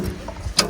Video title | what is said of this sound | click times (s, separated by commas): Jd New tyre ￼☠️ ! Original Fitting kar de ✅ // ￼ full fun with 5310 🚀 !! Patel Farming 🌾 | यह lock हो गया। जैसे company से आता है। | 0.6 s